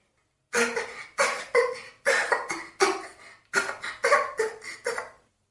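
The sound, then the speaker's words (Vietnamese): A small girl coughs in a sputtering fit after being pulled up from under the sea, about ten harsh bursts in quick runs separated by short gaps, fairly loud with no voices talking. “Thân thể nhỏ nhỏ rút trên người Tiêu Ký Phàm ho lên, bọt nước được ánh mặt trời chiếu vào thành những hạt đậu vàng lấp lánh rơi xuống, nhỏ xuống biển rộng.”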